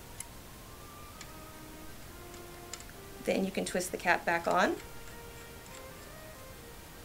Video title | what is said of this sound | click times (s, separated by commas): How to Care for Your Trumpet | all inside the casing once it's all the way in you will feel and hear it click into place then | 0.2 s